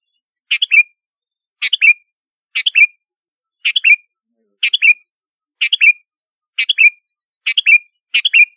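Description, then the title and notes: Sooty-headed bulbul song: a short bubbly phrase of three or four quick notes, repeated about once a second, clear and unaccompanied. "Kicau Burung Kutilang"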